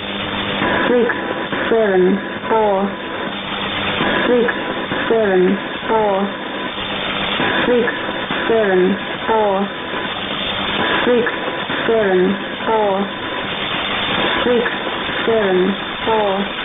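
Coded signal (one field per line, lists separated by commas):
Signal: numbers station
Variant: E17z English Lady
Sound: female voice reading short evenly spaced words, about one per 1.5 seconds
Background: radio static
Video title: 04 01 2018 Numbers station E17z English Lady in English to Eu 0810 on 9820 unknown tx site in CUSB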